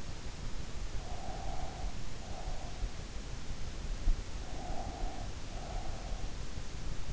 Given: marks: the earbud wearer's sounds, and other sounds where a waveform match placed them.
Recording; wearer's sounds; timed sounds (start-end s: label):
sounds in sleep by an in-ear microphone; breath
0.68-3.26 s: breath
4.62-6.56 s: breath